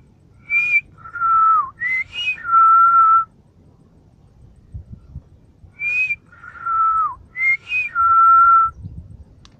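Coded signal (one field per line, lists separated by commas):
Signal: whistled language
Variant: Silbo Gomero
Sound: a clear whistled word with rising and falling glides, repeated twice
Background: low room rumble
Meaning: The whistled word means seaplane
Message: hidroavión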